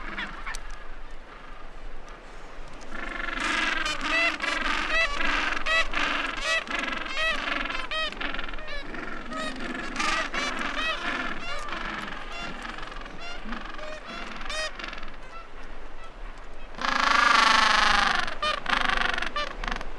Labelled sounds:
Gentoo Penguin call

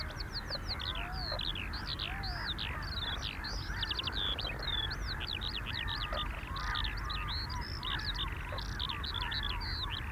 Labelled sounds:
Common Crane call

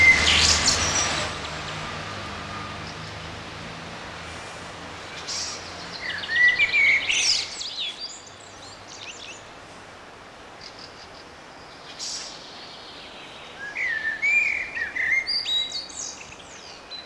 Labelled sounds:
Common Blackbird song

